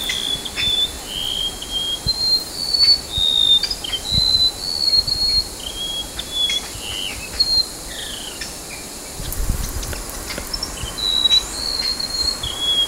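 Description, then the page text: Golden-bellied gerygone singing a run of thin, wavering high whistles in loose phrases, with a constant insect hum behind and faint low rumbles. Recorded at Rafflesia Centre, Borneo, on 16 August 2009. "Sound of Golden-bellied Gerygone at Rafflesia Centre by NELSON, Mike"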